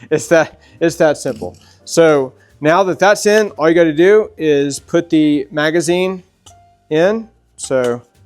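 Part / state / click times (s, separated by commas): magazine into rifle magazine well / not seated / none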